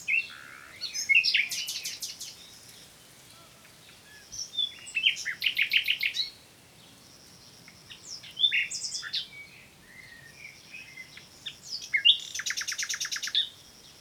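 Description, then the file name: Common nightingale delivering separate phrases every few seconds, mixing harsh rattles, scratchy notes and rapid machine-gun repetitions. "Luscinia megarhynchos"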